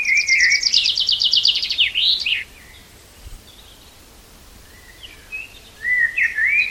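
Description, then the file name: Common chaffinch delivers a song, a rapid trill sliding down into a flourish, then quiet before scattered notes return. "Fringilla coelebs"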